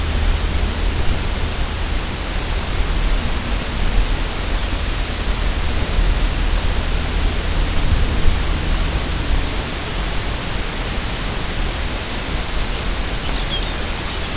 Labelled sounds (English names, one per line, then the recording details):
unidentified sound
Lapland Longspur
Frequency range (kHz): Lapland Longspur 2.8-5.5 kHz
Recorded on Arctic tundra, site UTQI-0, on 13 June 2019
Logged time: 00:00